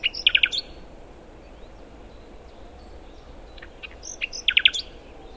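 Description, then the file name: Common nightingale song: a fast burst of loud, rapidly repeated notes at the start, then scattered quiet chirps and another rapid trilled series near the end, over a soft background hiss. "Luscinia megarhynchos"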